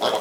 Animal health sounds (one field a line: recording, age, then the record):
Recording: pig call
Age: piglet (1 to 25 days)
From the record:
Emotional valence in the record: positive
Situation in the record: huddling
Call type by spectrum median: low-frequency call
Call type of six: low-frequency tonal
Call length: 0.21 s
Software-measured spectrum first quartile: 634 Hz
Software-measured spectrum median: 1104 Hz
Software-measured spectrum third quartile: 3036 Hz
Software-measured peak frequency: 620 Hz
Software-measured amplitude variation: 115 dB a second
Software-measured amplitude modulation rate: 11.9 a second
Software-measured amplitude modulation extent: 9.7 dB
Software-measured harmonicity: 1.1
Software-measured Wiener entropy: -2.17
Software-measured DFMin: 898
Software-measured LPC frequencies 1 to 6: 641, 1141, 3302, 5030, 6390, 7313 Hz